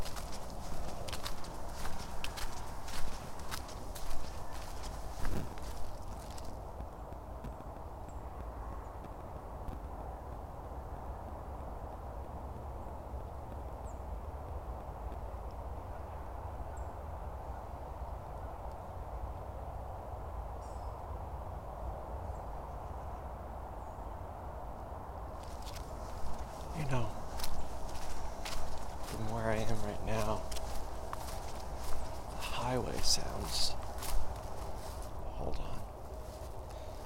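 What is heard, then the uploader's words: A soundwalk in Withlacoochee State Forest: crunching footsteps start and stop, a quiet stretch in the middle, low steady rumble, brief voices near the end. Soundwalking - Withlacoochee State Forest.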